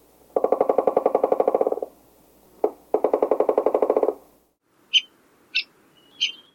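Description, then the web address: An animal gives two rapid pulsed, buzzy trains of about 1.5 and 1.2 seconds, split by a single sharp note, then three short high chirps spaced about 0.6 seconds apart. "Thumbs Plus Zoo Field Guide"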